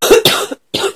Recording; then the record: coughing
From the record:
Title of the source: 30 Chesty and wet cough